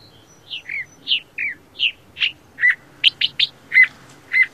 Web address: Songs of Birds of North America Stokes. California Thrasher